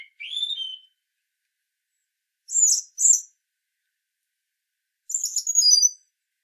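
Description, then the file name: European robin song in short bursts: a rising then falling whistled note, two clipped high phrases, and a final rapid sparkling trill, each separated by silence. "Erithacus rubecula"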